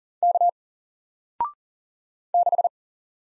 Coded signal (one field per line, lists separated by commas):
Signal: Morse code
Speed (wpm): 39 wpm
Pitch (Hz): 700 Hz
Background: none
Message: K 6